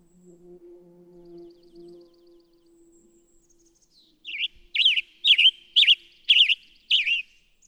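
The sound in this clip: Western tanager singing burry, slurred phrases roughly every half second, after a quiet opening with a low steady hum.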